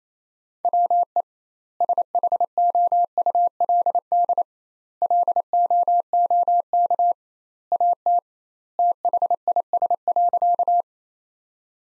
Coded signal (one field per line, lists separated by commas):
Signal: Morse code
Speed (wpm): 28 wpm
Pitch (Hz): 700 Hz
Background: none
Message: WE SHOULD LOOK AT THIS.